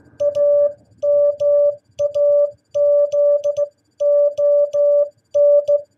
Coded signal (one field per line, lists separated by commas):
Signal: Morse code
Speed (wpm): 15 wpm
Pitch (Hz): 580 Hz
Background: none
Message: AMAZON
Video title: What Is Amazon In Morse Code?